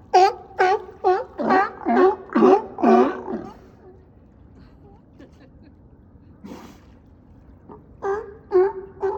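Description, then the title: Sea lion giving a fast run of rough, honking croaks, then a pause with faint noises, before the barking resumes near the end. Two sea lions at a dock: one surges up onto it while the other swims back and forth, croaking. "Sea lion surging up onto dock"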